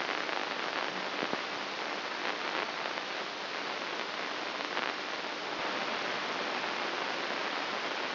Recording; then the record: brain microelectrode recording played as sound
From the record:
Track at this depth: inside the subthalamic nucleus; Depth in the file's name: 4.585 mm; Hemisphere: left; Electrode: 2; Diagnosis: Parkinson's disease